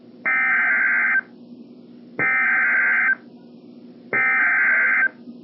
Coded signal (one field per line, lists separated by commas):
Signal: Emergency Alert System (SAME) tones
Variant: header bursts